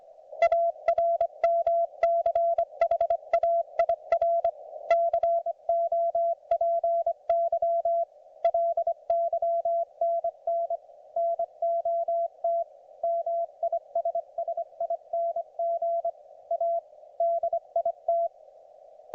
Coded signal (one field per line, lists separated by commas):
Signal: Morse code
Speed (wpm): 24 wpm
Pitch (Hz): 690 Hz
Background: none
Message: ARMCHAIR COPY LYNN NOT MISSING A DIT